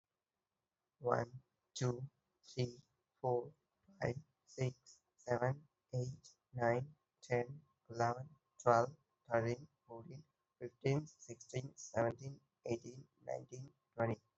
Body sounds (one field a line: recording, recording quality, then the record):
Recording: counting at a normal pace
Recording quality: excellent, no background noise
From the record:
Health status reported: healthy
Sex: male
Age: 21 years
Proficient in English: no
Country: India